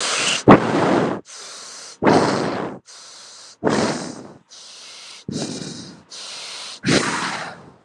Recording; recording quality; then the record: shallow breathing; excellent, no background noise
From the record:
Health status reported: respiratory illness, not identified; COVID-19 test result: negative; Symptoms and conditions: none ticked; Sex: female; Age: 29 years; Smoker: not ticked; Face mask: not worn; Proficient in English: yes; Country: India